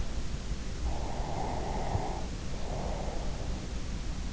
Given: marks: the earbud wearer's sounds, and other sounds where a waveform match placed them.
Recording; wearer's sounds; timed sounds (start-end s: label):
sounds in sleep by an in-ear microphone; breath
0.56-3.82 s: breath